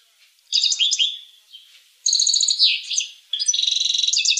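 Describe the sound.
Finch song in three bursts of high, buzzy trills and chattering notes, separated by short pauses.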